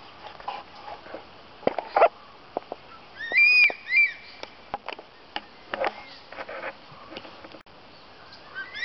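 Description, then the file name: Crested serpent eagle whistling two or three ringing, down-curving notes midway, amid scattered knocks and clicks, with a fresh whistle starting at the very end. Recorded at Dhoni. "Crested Serpent Eagle from Dhoni"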